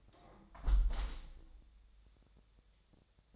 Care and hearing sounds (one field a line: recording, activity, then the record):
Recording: daily activity, microphone in the room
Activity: close window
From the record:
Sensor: 3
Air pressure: 1014.9 hPa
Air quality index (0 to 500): 30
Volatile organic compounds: 1 ppm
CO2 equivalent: 531 ppm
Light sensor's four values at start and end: 10/23/9/9 and 10/23/9/9